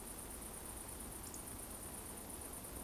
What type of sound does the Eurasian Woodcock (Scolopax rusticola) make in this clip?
whistle